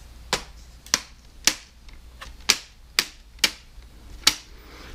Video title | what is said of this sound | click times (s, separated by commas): Laptop Screen Replacement / How to Replace Laptop Screen HP 14-AX010CA | And that just snaps back into place like that. | 0.9 s, 1.5 s, 2.5 s, 3.0 s, 3.4 s, 4.3 s